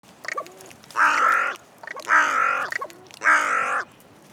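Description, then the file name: Carrion crow cawing: three harsh, hoarse caws, each about half a second long and spaced roughly a second apart, with soft background hiss. "Corvus corone"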